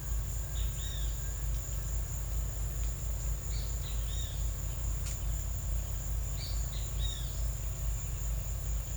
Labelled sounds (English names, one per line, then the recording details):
Great Kiskadee
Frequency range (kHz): Great Kiskadee 0.8-6.5 kHz
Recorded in secondary vegetation near Puerto Asís, Putumayo, Colombia, on 20 December 2024 at 14:30
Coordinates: 0.499, -76.323
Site G010